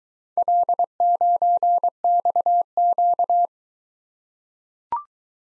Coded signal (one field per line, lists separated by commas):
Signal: Morse code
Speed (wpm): 20 wpm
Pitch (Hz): 700 Hz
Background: none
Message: L9XQ